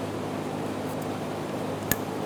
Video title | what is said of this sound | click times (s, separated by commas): How to Replace Fuel Pump Module Assembly 2004-2009 Mazda 3 2.3L L4 | Make sure you hear that click. | 1.9 s